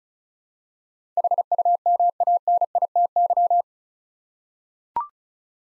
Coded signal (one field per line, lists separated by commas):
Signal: Morse code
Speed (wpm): 36 wpm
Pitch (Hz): 700 Hz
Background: none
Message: HUMANITY